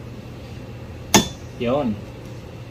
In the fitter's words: just pull until you hear the click I'll just lay this down to have leverage